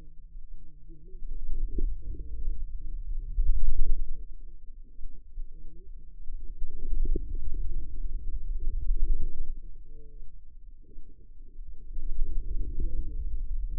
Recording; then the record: forearm muscle sounds (acoustic myography)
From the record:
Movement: wrist extension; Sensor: system 2, bracelet of six BSWA MPA416 microphones around the upper forearm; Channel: 1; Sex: female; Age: 25 years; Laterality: right